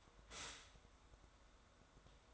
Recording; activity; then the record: daily activity, microphone in the room; stop toaster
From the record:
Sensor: 3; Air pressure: 1014.7 hPa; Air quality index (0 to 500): 200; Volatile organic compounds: 26 ppm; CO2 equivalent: 2862 ppm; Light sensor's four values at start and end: 4/10/4/4 and 4/10/4/4